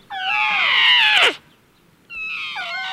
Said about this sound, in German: Oh, guck mal da. Ach, hört ihr das an? Der Elefant, der flötet auch.